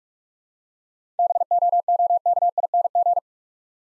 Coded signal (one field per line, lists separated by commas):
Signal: Morse code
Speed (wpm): 44 wpm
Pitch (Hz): 700 Hz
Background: none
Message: BOOKING